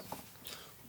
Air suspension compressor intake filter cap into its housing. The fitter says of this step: and then it makes a click and then it's fixed